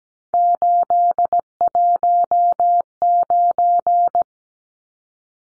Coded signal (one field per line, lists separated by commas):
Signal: Morse code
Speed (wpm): 17 wpm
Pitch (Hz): 700 Hz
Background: none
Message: 819